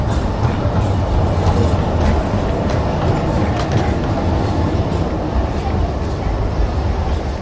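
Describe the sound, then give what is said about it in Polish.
A tram in Kraków, running from the city centre to Łagiewniki, rolls along its rails with a loud, steady low rumble and faint rattling and clatter layered on top, continuous for the whole stretch without pause. “No dobrze, to teraz będzie dłuższa wycieczka, bo na Łagiewniki można dojechać z centrum tramwajem.”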